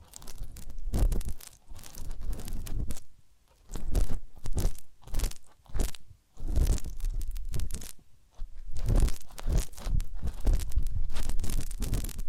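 Massage and ear-cleaning sounds come as dense bursts of crackling, crinkling rubbing that run for a second or two, then stop. Short quiet pauses fall around three, six and eight seconds. The scratchy texture reaches from low thumps up to bright hiss, busiest in the final four seconds.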